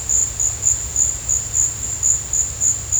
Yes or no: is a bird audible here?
no